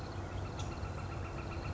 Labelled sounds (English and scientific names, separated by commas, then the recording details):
Northern Flicker (Colaptes auratus)
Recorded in Sonoma County, California